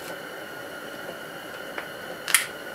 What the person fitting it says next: Click. There we go.